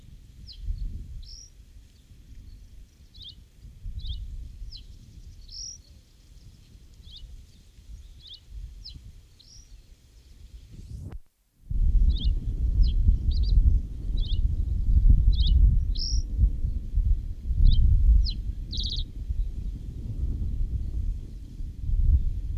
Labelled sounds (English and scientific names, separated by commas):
Reed Bunting (Emberiza schoeniclus) song